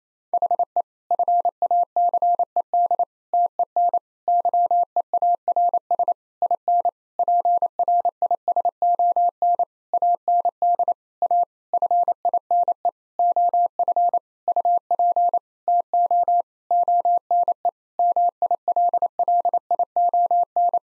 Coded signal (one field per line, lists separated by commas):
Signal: Morse code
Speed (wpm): 28 wpm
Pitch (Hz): 700 Hz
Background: none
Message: HE FACED TEN YEARS IN PRISON AND A FINE OF UP TO ONE MILLION